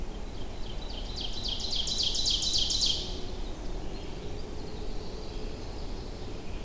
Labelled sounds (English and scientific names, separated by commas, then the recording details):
Ovenbird (Seiurus aurocapilla) song
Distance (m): 45 m
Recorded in boreal forest in Alberta, Canada, on 25 June 2016 at 07:13
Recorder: SongMeter 3, array SBT-6-76
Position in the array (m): 302 m, 86 m
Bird 1